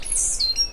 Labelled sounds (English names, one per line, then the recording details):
Stitchbird song
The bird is a male
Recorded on Tiritiri Matangi Island, New Zealand, in 2005
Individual 10, of nest box 12